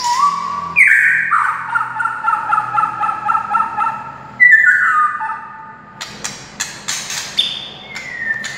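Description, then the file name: White-rumped shama song: long steady whistles with stacked overtones, a sharp upward-jumping note, then quick sweeping notes and clicks near the end. Wild forest bird. "suara murai hutan asli"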